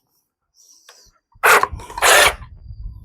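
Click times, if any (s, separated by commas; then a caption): none. Someone pushes a handle attachment onto a hedge/tree (garden) trimmer again; faint handling noises start around 0.6 s, followed by two loud, broad rushing bursts at about 1.4–1.7 s and 2.0–2.3 s, then a low rumbling tail. The attachment still does not go fully in, and nothing has seated or clicked yet, because it needs to be screwed on first.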